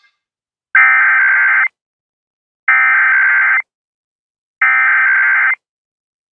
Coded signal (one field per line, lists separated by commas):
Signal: Emergency Alert System (SAME) tones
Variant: header bursts